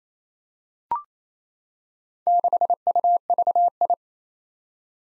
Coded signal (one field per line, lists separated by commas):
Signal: Morse code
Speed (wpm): 28 wpm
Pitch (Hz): 700 Hz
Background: none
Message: 6UVI